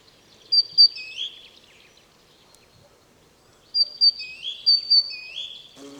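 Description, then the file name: Great tit calls: high, clear two-part notes, each a sharp high note followed by a lower rising sweep, given in two bursts separated by a quiet pause. "Parus major"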